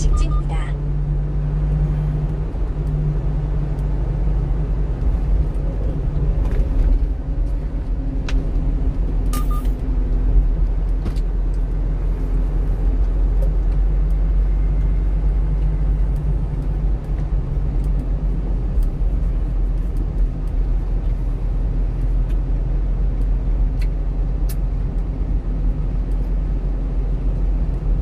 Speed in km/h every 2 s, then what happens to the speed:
42, 40, 39, 38, 36, 36, 39, 40, 38, 36, 36, 37, 37, 37.
0-28 steady at about 37.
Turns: 11-28.